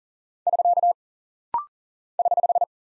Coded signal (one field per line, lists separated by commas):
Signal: Morse code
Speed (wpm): 38 wpm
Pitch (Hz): 700 Hz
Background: none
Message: <SK> <HH>